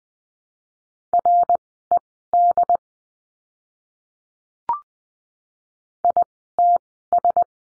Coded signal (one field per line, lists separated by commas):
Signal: Morse code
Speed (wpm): 20 wpm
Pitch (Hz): 700 Hz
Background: none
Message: RED ITS